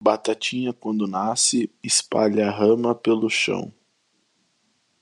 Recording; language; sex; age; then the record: short text; Brazilian Portuguese; male; 20 to 29 years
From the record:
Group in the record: control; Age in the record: 20 years